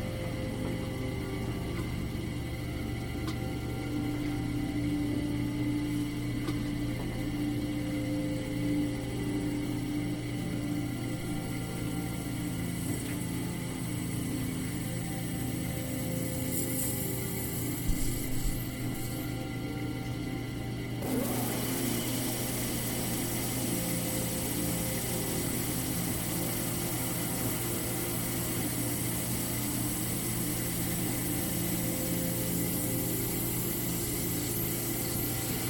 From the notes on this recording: Hyperspace sleep chamber, where the sound of a clock and synthetic white noise reminiscent of crickets are always present